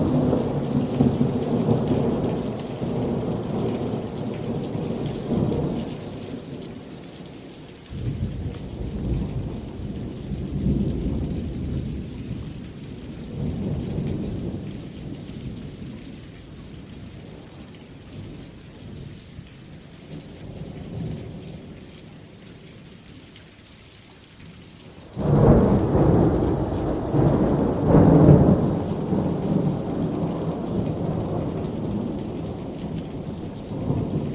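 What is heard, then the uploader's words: Heavy rain hisses steadily throughout while deep thunder rolls and rumbles in long waves. The loudest rumble fades by about 7 seconds, further swells build and ebb through the middle, and a sudden heavy crack of thunder hits near 25 seconds before rolling on. Epic Winter Thunderstorm 1 Hours Heavy Rain & Thunder Sound for Relaxing.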